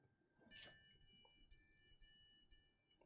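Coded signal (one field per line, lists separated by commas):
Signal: beep code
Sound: a harsh buzzer beep repeating with very short gaps, about three beeps heard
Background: room noise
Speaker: okay so the fact that we're getting the same error code indicates to me that this is not a ram related issue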